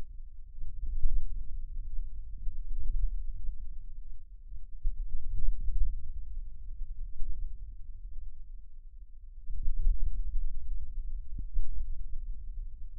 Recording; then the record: forearm muscle sounds (acoustic myography)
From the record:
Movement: hand closing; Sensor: system 2, bracelet of six BSWA MPA416 microphones around the upper forearm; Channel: 1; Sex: male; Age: 22 years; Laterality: right